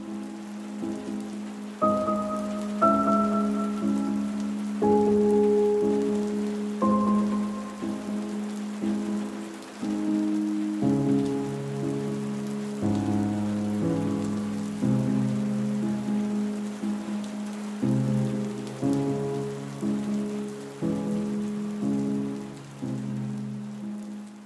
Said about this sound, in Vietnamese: Bãi bồi trời mưa lả tả, rơi những giọt li ti. Thế vậy mà đứng lâu là ướt nhẹp như chơi.